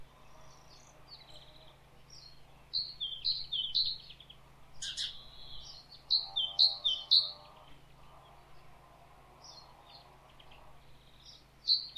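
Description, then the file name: Great tit calling in short runs of sharp, high two-note phrases, falling slightly, with a soft low hum throughout. "Parus major"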